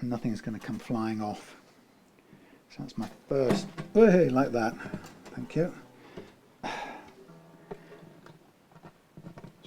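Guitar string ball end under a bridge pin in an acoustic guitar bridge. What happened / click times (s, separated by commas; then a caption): The string end did not seat under the pin / none. A high E string's ball end is fitted under a bridge pin in the bridge of a Yamaha LL 11 acoustic guitar and tightened, while someone talks and a few faint ticks sound. The ball end is not seated under the bridge pin, and nothing has seated or clicked yet, so the string will need more stretching.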